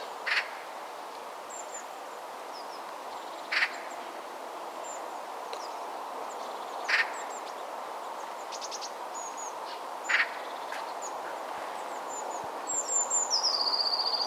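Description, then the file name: Eurasian magpie giving single harsh chack notes every three seconds or so, while other birds add thin high whistles over a steady background hiss. "Pica pica"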